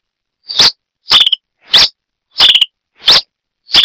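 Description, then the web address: Red-crested finch calling with abrupt, snappy chips, six in under four seconds, some trailing into a brief level tone, against a silent background. "sonidos Coryphospingus cucullatus - Brasita de fuego"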